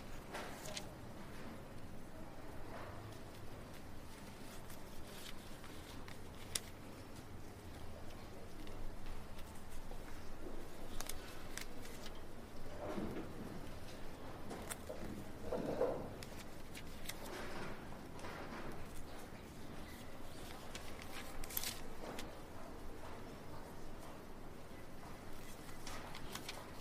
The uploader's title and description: Library Ambiance. This calm and quiet library